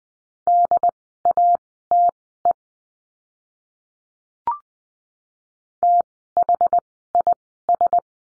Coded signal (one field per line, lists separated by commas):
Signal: Morse code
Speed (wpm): 20 wpm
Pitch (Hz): 700 Hz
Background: none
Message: DATE THIS